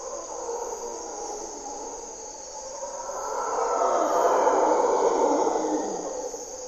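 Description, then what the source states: Mantled howler monkeys give a low, roaring howl that swells in the second half and then fades, over a steady high insect hum. Mantled howler monkeys (Monos Congos) waking the jungle at morning twilight in Parque Nacional Corcovado, Osa Peninsula, Costa Rica; distinctive grunts and calls.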